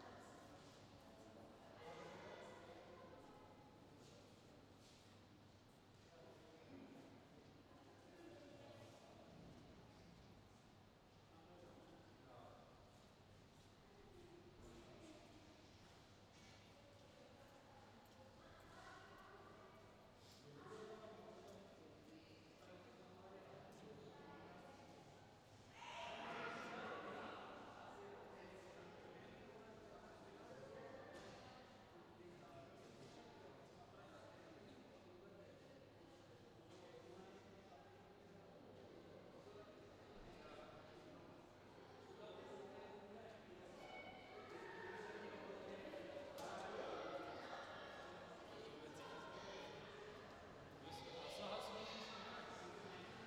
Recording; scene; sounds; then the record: everyday scene through a hearing-aid microphone; reverberant space; background noise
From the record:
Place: railway station hall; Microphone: in the ear canal, left